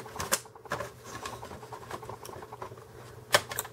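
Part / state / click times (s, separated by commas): cable or part in laptop chassis plastic clips / seated / 3.3 s, 3.6 s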